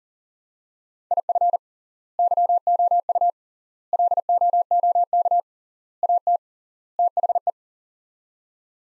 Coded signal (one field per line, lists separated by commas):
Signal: Morse code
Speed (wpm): 40 wpm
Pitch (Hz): 700 Hz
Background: none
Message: IF YOU LOOK AT THE